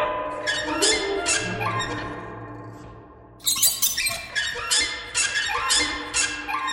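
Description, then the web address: Bird squawks, scratchy and high, repeated quickly in short descending bursts; a brief lull midway, then a denser run of calls. "soundfactory birds"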